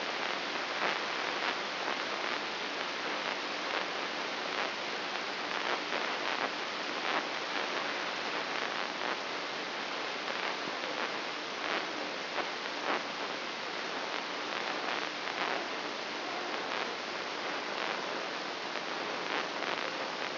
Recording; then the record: brain microelectrode recording played as sound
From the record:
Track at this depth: outside the subthalamic nucleus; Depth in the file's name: 6.861 mm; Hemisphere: left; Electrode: 3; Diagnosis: Parkinson's disease